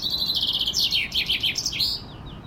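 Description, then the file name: Common chaffinch song: a bright, rattling run of high notes that steps down in pitch through several trilled phrases, ending in a quick flourish. "Fringilla coelebs"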